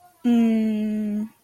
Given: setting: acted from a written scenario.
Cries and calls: vocal sound without words; confusion

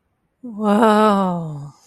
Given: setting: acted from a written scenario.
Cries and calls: vocal sound without words; awe

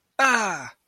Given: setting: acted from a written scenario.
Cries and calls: vocal sound without words; pain

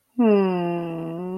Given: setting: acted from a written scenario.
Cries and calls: vocal sound without words; serenity

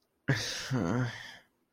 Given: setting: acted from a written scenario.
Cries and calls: vocal sound without words; shame

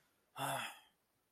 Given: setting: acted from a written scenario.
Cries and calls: vocal sound without words; anger

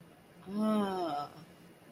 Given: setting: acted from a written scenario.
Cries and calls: vocal sound without words; serenity

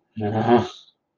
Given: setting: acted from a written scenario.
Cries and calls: vocal sound without words; anger

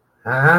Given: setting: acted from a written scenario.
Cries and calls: vocal sound without words; confusion

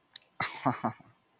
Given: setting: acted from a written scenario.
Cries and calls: vocal sound without words; elation

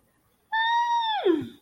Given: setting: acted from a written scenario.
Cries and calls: vocal sound without words; positive surprise

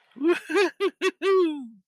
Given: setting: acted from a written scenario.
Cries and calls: vocal sound without words; elation

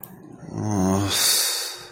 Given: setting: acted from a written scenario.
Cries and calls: vocal sound without words; contempt

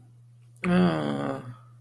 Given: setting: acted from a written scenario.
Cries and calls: vocal sound without words; sympathy

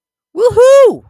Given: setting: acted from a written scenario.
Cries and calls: vocal sound without words; triumph

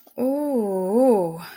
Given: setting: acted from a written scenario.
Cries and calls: vocal sound without words; desire

